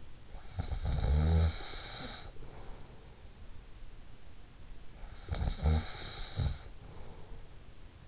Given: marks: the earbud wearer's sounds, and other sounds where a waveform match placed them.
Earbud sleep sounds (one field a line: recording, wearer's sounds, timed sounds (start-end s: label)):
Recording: sounds in sleep by an in-ear microphone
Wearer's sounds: snoring breath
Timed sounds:
0.00-3.19 s: snoring breath
5.10-7.48 s: snoring breath